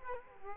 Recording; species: mosquito wingbeat signal from an infrared sensor; Culex quinquefasciatus